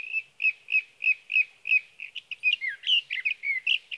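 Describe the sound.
Sage thrasher song: evenly spaced repeated warbled notes about three per second, breaking into a faster jumble of varied slurred whistles.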